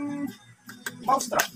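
A retaining ring (lock ring) is handled with pliers over a new oil seal, being fitted toward the groove of the seal housing, possibly in a fork tube. Someone talks while brief metallic handling ticks are heard. Nothing has seated or clicked yet.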